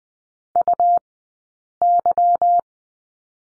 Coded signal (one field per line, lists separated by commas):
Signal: Morse code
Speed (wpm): 20 wpm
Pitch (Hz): 700 Hz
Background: none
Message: UY